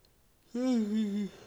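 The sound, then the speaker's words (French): A single loud, drawn-out voiced yawn, starting abruptly after a short silence and sliding slowly downward in pitch for under a second before fading. “Là, je baille.”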